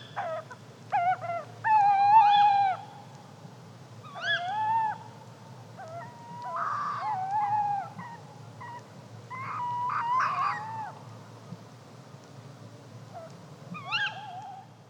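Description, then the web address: Bird calls: a varied, busy series of wailing, rising and bending harmonic notes, some overlapping, coming in bursts throughout with quieter gaps. "fagelljud PVU 22 kaugg"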